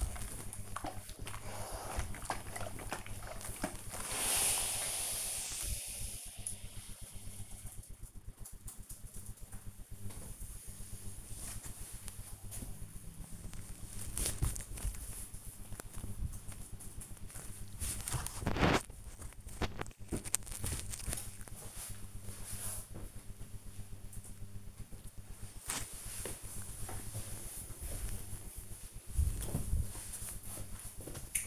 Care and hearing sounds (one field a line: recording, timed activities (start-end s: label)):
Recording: household activities, microphone on the right wrist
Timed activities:
0.00-5.63 s: ironing laundry
9.64-22.70 s: folding laundry
24.71-31.47 s: ironing laundry